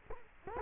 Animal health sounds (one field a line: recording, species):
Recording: mosquito wingbeat signal from an infrared sensor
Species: Culex quinquefasciatus